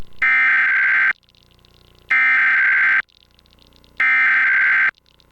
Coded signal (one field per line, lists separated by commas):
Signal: Emergency Alert System (SAME) tones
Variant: header bursts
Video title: Required Monthly Test (EAS #509-510)